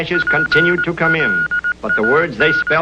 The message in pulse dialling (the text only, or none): none